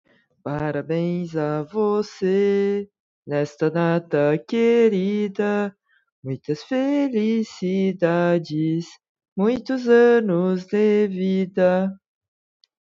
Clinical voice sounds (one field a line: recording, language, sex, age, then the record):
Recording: short text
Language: Brazilian Portuguese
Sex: female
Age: 20 to 29 years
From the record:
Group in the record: control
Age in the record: 28 years